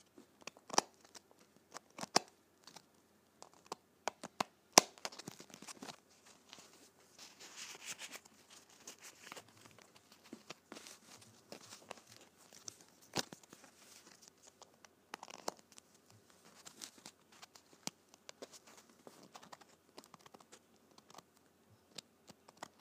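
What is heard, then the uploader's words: Playing cards being handled: sharp, bright snaps and taps come irregularly throughout, with louder ones near 1, 5, 13 and 15 seconds. Softer rustling passages, like shuffling or sliding cards, fill stretches around 7–10 and 16–18 seconds over a faint, steady low hum. ASMR Playing Cards.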